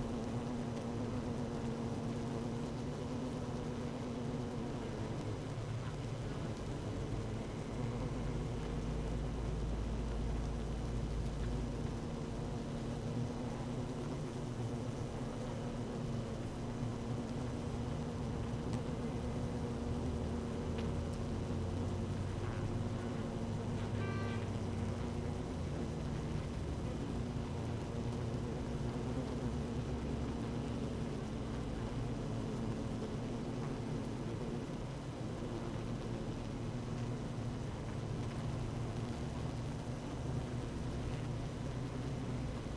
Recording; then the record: honeybee colony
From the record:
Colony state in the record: active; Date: 12 June 2018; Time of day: 15:55